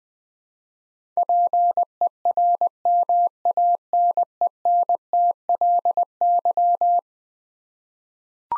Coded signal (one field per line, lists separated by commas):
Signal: Morse code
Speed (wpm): 21 wpm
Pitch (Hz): 700 Hz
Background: none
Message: PERMANENTLY